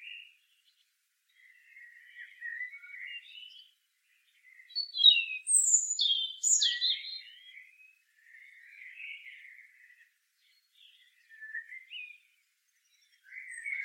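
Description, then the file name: European robin singing soft, lower rambling warbles broken by a louder burst of sharp, high, rapidly falling notes. "Erithacus rubecula"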